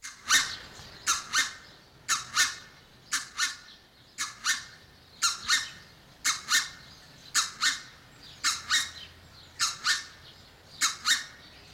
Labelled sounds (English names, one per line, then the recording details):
Red-breasted Goose call
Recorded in captivity
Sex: diverse
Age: adult
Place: Zoo Berlin, Berlin, DE
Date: 1992-05-09 12:27
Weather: wolkig, 11-14°C
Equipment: Nagra SN, Mikrofon AKG CK 8, Kopie Tesla B 116
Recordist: Tembrock, Günter
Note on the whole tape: Gruppe: Hauptrufe und andere Laute (mit Vorwärtsdrohen und "Hetzen")